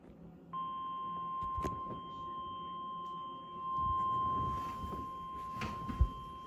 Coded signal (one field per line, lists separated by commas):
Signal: Emergency Alert System (SAME) tones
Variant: 1050 Hz attention tone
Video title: Sterling SMW (EAS #512)